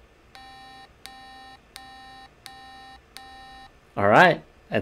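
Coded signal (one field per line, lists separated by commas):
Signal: none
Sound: toy robot's programmed beeps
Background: speech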